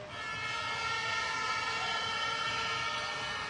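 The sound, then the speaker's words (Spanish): Air horns blown by Pumarín fans blare in a loud, continuous wall of overlapping high-pitched tones that hold steady for several seconds over a rumbling crowd in a basketball arena during the Oviedo vs. La Rioja game. “Muy bien, las bocinas de Pumarín, aunque no consiguieron que el segundo.”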